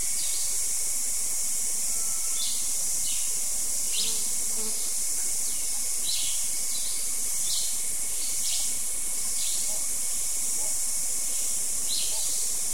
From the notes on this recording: The morning insects give way to the morning dawn chorus of birds